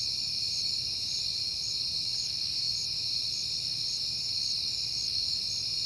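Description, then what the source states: Several crickets trill together in a high, even chorus while one chirps in quick regular pulses; a low background rumble persists. Crickets at night in September, on a peaceful night.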